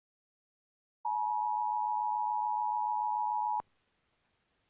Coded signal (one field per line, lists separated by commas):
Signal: Emergency Alert System (SAME) tones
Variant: 853 and 960 Hz attention tone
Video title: EAS- Some More Typical Monthlies, an SGX Weekly, and a LEW :)